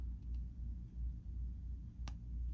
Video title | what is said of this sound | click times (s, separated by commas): Orbitkey Black Edition Bundles Unboxing and Comparison | you heard that click right that makes it a little tighter a little more rough for this to slide around | 2.1 s